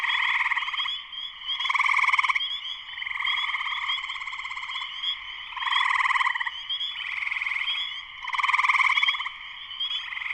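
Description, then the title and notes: Spring peeper chorus with many overlapping high peeps over a steady buzzing trill, loudness rising and falling in waves. Full chorus of many spring peepers shortly after sunset, Sleeping Bear Dunes National Lakeshore, northern Michigan, USA; recorded by Darrin Wassom. "Spring peepers (chorus frogs) in concert. Spring peepers (chorus frogs) in full chorus shortly after sunset in the Sleeping Bear Dunes National Lakeshore in northern Michigan, USA. Recorded by Darrin Wassom. Music for Sleep"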